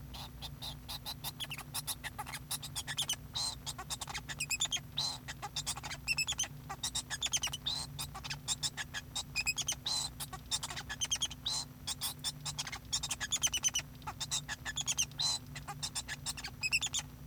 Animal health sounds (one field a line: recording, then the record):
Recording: song of a male Bengalese finch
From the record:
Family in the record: son of father 2